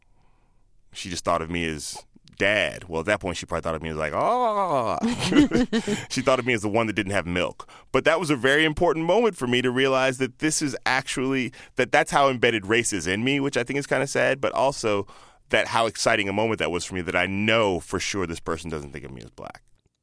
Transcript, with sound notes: She just thought of me as dad. Well, at that point she probably thought of me as ah.
(LAUGHTER)
She thought of me as the one that didn't have milk. But that was a very important moment for me to realize that this is actually, that that's how embedded race is in me, which I think it's kind of sad but also that how exciting a moment that was for me that I know for sure this person doesn't think of me as black.